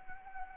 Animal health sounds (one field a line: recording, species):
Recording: mosquito wingbeat signal from an infrared sensor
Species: Anopheles arabiensis